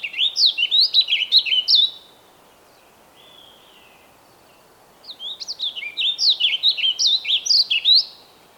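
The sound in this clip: Bird song: two bursts of rapid, sweeping chirps separated by a pause of about three seconds, with a faint soft note in the gap.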